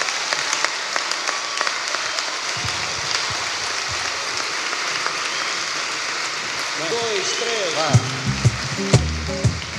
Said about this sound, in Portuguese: Grande aplauso